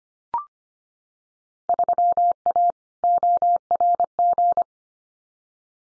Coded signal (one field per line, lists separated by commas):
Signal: Morse code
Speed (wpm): 25 wpm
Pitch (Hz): 700 Hz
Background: none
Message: 3A ORG